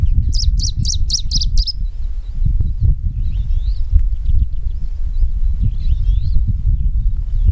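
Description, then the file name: Smoky warbler song opens with a fast string of six bright, sharp notes, followed by faint thin chirps against continuous low background noise. "warbler-smoky -Phylloscopus-fuligiventer"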